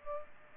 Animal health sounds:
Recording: mosquito wingbeat signal from an infrared sensor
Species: Aedes aegypti

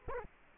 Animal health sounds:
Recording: mosquito wingbeat signal from an infrared sensor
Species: Culex quinquefasciatus

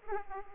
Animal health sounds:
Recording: mosquito wingbeat signal from an infrared sensor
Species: Aedes aegypti

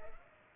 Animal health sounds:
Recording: mosquito wingbeat signal from an infrared sensor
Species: Culex pipiens

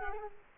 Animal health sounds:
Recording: mosquito wingbeat signal from an infrared sensor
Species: Culex quinquefasciatus

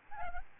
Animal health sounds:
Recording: mosquito wingbeat signal from an infrared sensor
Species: Aedes albopictus

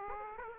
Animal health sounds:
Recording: mosquito wingbeat signal from an infrared sensor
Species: Aedes aegypti

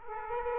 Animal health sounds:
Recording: mosquito wingbeat signal from an infrared sensor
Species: Aedes aegypti

